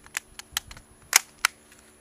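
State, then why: Seated. A 30-round magazine is pushed into the magwell of a Tavor bullpup rifle, producing a series of sharp, bright clicks and rattles. The magazine snaps into place and seats at 1.5 s.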